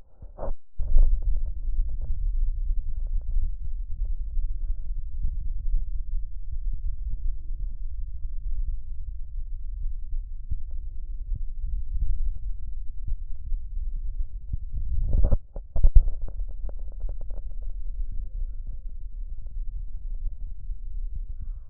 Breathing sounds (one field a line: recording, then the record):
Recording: lung sounds by stethoscope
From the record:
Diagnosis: emphysema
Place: left posterior upper chest